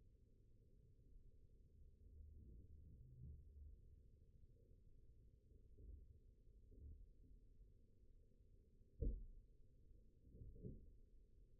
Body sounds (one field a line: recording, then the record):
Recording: forearm muscle sounds (acoustic myography)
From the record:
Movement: rest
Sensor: system 1, eight BSWA MPA416 microphones around the upper forearm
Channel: 5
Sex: male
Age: 20 years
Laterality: left